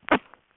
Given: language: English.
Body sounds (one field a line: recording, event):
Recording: throat vibration sensor signal played as sound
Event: cough